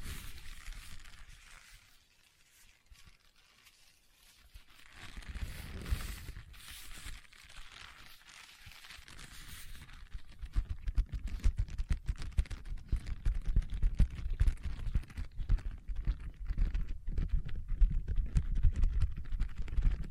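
Tapping and scratching on leather, starting with soft rubbing that fades to near silence around two to four seconds. From about five seconds scratching returns, and after ten seconds dense, quick, irregular taps take over, growing louder toward the end.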